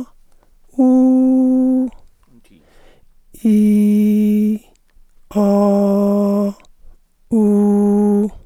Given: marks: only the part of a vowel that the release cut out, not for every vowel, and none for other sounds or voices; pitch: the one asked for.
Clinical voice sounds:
sustained vowels; female; 40 to 49 years; 2; 0; 2
0.88-1.77 s: vowel /u/, high pitch
3.52-4.47 s: vowel /i/, low pitch
5.44-6.34 s: vowel /a/, low pitch
7.44-8.17 s: vowel /u/, low pitch
From the record:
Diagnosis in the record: dysphonia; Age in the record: 46 years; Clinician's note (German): psychogene kompensierte Dysphonie bei Zustand nach Ödemabtragung

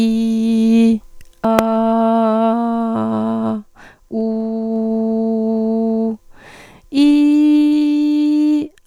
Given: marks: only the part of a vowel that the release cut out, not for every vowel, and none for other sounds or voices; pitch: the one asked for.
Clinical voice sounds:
sustained vowels; female; 40 to 49 years; 2; 0; 1
0.00-0.89 s: vowel /i/, normal pitch
1.62-3.34 s: vowel /a/, normal pitch
4.23-6.02 s: vowel /u/, normal pitch
7.08-8.48 s: vowel /i/, high pitch
From the record:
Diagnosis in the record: dysodia (singing voice disorder); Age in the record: 40 years

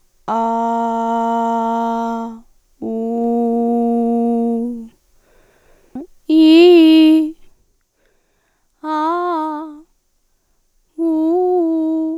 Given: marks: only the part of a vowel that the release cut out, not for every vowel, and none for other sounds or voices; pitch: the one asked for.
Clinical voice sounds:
sustained vowels; female; 18 to 19 years; 0; 0; 0
0.48-1.86 s: vowel /a/, low pitch
3.24-4.46 s: vowel /u/, low pitch
6.39-7.13 s: vowel /i/, low-high-low pitch
8.90-9.53 s: vowel /a/, low-high-low pitch
11.07-12.05 s: vowel /u/, low-high-low pitch
From the record:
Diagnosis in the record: hyperfunctional dysphonia, dysodia (singing voice disorder); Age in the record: 18 years

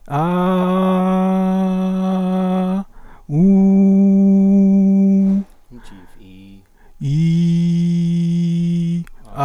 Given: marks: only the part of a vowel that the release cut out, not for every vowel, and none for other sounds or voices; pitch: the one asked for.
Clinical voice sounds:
sustained vowels; male; 30 to 39 years; 0; 0; 0
0.41-2.68 s: vowel /a/, high pitch
3.50-5.16 s: vowel /u/, high pitch
7.14-8.88 s: vowel /i/, low pitch
From the record:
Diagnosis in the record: recurrent laryngeal nerve paralysis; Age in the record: 37 years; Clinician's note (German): Phonatorisch voll kompensiert

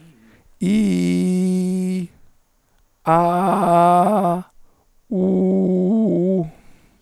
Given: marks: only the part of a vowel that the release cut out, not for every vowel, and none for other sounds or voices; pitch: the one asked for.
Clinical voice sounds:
sustained vowels; male; 40 to 49 years; 2; 2; 2
0.68-1.96 s: vowel /i/, low-high-low pitch
3.15-4.32 s: vowel /a/, low-high-low pitch
5.25-6.35 s: vowel /u/, low-high-low pitch
From the record:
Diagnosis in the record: papilloma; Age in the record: 44 years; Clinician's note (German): Zustand nach Abtragung, postoperativer phonatorischer Stillstand rechts

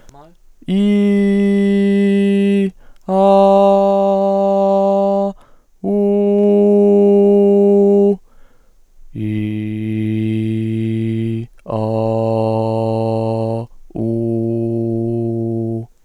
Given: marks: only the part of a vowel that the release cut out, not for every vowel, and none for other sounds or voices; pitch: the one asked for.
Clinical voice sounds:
sustained vowels; male; 20 to 29 years; 0; 0; 0
0.79-2.57 s: vowel /i/, high pitch
3.26-5.15 s: vowel /a/, high pitch
6.49-8.01 s: vowel /u/, high pitch
9.33-11.29 s: vowel /i/, low pitch
11.83-13.47 s: vowel /a/, low pitch
14.09-15.69 s: vowel /u/, low pitch
From the record:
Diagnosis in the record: dysphonia, voice mutation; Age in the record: 24 years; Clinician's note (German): Dysplastisch, inkomplette Mutation, zu hohe Frequenz

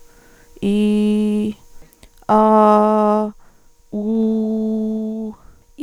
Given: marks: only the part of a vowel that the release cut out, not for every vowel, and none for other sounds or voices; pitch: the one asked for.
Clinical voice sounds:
sustained vowels; female; 30 to 39 years; 1; 1; 1
0.71-1.43 s: vowel /i/, low pitch
2.36-3.19 s: vowel /a/, low pitch
4.08-5.13 s: vowel /u/, low pitch
From the record:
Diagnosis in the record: functional dysphonia, psychogenic dysphonia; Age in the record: 36 years

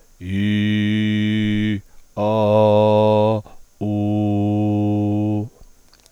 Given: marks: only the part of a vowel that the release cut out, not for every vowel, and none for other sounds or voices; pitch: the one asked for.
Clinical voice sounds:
sustained vowels; male; 50 to 59 years; 0; 0; 0
0.41-1.33 s: vowel /i/, low pitch
2.28-3.26 s: vowel /a/, low pitch
3.95-5.34 s: vowel /u/, low pitch
From the record:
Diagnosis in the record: contact pachydermia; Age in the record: 55 years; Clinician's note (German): Rezidiv

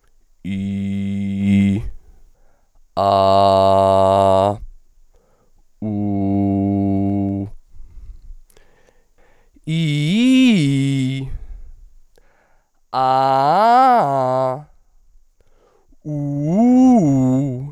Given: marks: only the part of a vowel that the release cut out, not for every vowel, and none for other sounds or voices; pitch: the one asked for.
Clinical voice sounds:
sustained vowels; male; 20 to 29 years; 0; 0; 0
0.55-1.71 s: vowel /i/, low pitch
3.05-4.47 s: vowel /a/, low pitch
5.91-7.38 s: vowel /u/, low pitch
9.74-11.18 s: vowel /i/, low-high-low pitch
13.01-14.47 s: vowel /a/, low-high-low pitch
16.13-17.49 s: vowel /u/, low-high-low pitch
From the record:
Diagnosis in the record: healthy voice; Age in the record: 27 years

